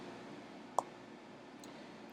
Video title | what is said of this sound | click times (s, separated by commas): Infusion Set Change | push it in twist it in and it locks in place what you want | 0.8 s